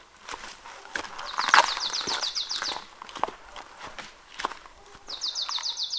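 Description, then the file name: Marsh tit giving quick strings of sharp, high, down-slurred notes, twice, over loud rustling and crunching like footsteps. "Poecile palustris"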